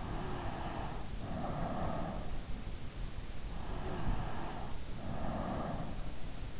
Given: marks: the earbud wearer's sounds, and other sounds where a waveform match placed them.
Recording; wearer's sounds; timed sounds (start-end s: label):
sounds in sleep by an in-ear microphone; breath
0.00-2.39 s: breath
3.53-6.16 s: breath